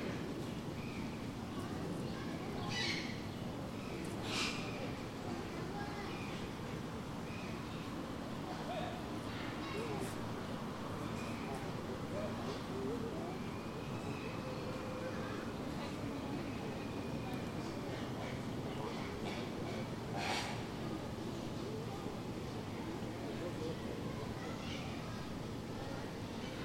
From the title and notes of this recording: General atmosphere in Burgers' Zoo, Arnhem. Recorded with my Zoom's internal mics near the Flamingo pond.